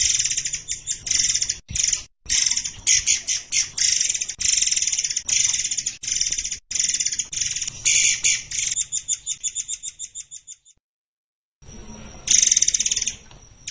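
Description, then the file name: Murai air song with dense buzzing trills and rapid rattling pulses, a short silence near the end, then a louder harsh burst. "burung murai air"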